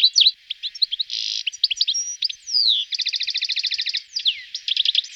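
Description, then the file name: European goldfinch song, a continuous liquid twittering mixed with nasal buzzes, a downward-sliding whistle and fast rattling trills. "roche 2004 stieglitz"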